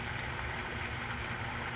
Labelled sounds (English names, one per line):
California Towhee